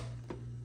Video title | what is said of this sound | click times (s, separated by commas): Fixing epson 5040ub / TW-9300 Projector no power/ power supply failure issue | You hear that click? We get a flashing status light now. | 0.3 s